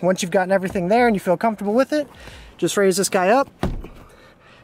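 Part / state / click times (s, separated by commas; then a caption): rear seat back latching into the pickup cab seat frame / seated / 3.8 s. Someone talks while raising the rear seat back of a Ford F-150 pickup cab back into position over the hidden storage underneath. The seat cushion latches into the seat frame with a short, soft click at 3.8 s, easily snapping back into place.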